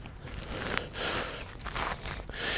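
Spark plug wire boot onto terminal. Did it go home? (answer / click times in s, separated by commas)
yes / 0.8 s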